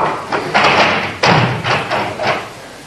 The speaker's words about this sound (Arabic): لأنظرن من يطرق علينا الباب في هذه الساعة.